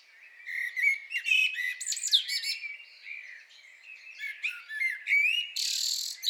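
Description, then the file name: Common blackbird warbling steadily with varied chirps and slurred whistles, then ending on a harsh, hissing high note. "Turdus merula"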